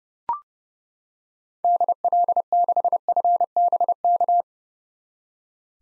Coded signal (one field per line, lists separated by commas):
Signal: Morse code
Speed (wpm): 29 wpm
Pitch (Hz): 700 Hz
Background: none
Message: DL6FBK